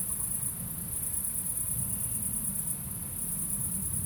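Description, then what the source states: Crickets keep up a nearly unbroken high-pitched trill with tiny dips, accompanied by a soft, continuous low rumble. Crickets at night in Aveize, France, with cars in the distance; recorded with a DPA-2006c pair in AB position into an SD MixPre-3.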